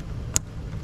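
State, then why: Seated. The plastic locking lever on the throttle valve cable self-adjuster of a Fox Body AOD transmission is pushed forward at the cable's neutral position until it snaps down and locks, giving one loud, sharp click at 0.4 s over a steady low hum. The adjuster is seated and locked, which sets the cable to protect the AOD transmission from damage.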